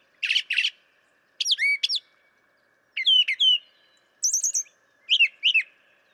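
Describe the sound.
Brown Thrasher song, bright varied phrases of whistles and buzzy slurred notes, most phrases given twice in quick succession with short pauses between.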